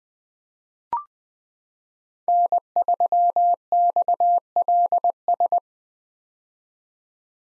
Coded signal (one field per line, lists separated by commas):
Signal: Morse code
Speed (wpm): 21 wpm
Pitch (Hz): 700 Hz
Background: none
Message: N3XLS